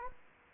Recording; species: mosquito wingbeat signal from an infrared sensor; Anopheles gambiae